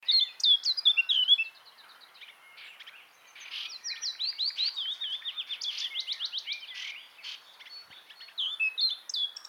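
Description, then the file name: Eurasian blackcap song: an opening burst of quick warbled notes, a pause, then a long run of repeated chattering notes, ending with a final short phrase. "Sylvia atricapilla"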